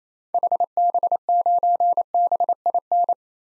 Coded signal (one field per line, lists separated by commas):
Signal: Morse code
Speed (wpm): 28 wpm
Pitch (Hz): 700 Hz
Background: none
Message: HB9BIN